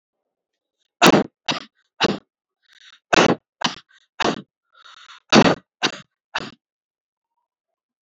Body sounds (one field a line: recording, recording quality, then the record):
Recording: shallow voluntary cough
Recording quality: excellent, no background noise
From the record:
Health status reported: healthy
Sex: male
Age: 37 years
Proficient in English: yes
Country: India